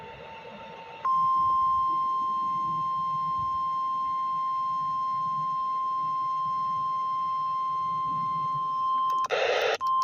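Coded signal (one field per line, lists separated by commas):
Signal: Emergency Alert System (SAME) tones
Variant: 1050 Hz attention tone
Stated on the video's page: Weekly test received on two NOAA Weather Radio stations with a radio.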